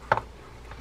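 A metal snap ring is fitted with snap ring pliers and pushed into its groove in the rim of an Olympic Mark III 550 classic spin fishing reel spool, retaining the drag stack after it has been put back in place. A sharp click at 0.1 s is followed by a quieter tick just after and a faint tap near the end. The snap ring is seated.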